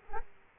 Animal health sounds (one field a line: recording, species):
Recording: mosquito wingbeat signal from an infrared sensor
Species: Culex quinquefasciatus